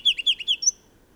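Bird song: a fast burst of several downward-sweeping chirps, then one short high whistled note to finish.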